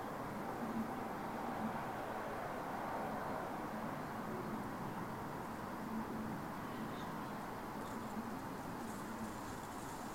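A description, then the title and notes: An outdoor recording at a farm boundary, filled with a steady, dense roar of traffic that holds an even level throughout. A faint low drone runs underneath, and a few light, high sounds flicker briefly near the end. Killingbeck/Seacroft: Pigeon Cote Farm Boundary.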